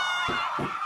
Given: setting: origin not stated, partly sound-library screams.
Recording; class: one-second piece from a danger detection set; woman in danger